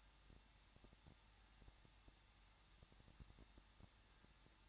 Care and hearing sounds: daily activity, microphone in the room; no activity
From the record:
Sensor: 3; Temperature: 21.2 degrees Celsius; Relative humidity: 36.3%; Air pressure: 1006.3 hPa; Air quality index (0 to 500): 221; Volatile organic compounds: 41 ppm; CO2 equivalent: 3157 ppm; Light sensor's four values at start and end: 2/3/2/2 and 2/3/2/2

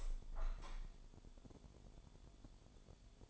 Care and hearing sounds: daily activity, microphone in the room; open window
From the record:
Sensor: 5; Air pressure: 1015.0 hPa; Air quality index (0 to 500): 106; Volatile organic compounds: 2 ppm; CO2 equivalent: 1139 ppm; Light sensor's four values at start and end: 35/81/33/31 and 35/81/33/31

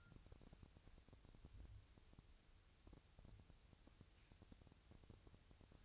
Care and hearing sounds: daily activity, microphone in the room; wipe stove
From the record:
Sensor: 2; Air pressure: 1001.4 hPa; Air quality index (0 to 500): 227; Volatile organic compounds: 25 ppm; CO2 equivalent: 2846 ppm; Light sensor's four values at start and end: 7/26/10/9 and 7/26/10/9

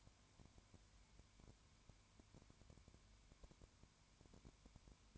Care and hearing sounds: daily activity, microphone in the room; no activity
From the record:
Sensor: 2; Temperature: 19.9 degrees Celsius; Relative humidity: 32.2%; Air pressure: 1001.1 hPa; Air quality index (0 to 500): 54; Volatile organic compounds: 1 ppm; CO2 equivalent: 601 ppm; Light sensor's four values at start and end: 2/3/2/2 and 2/3/2/2

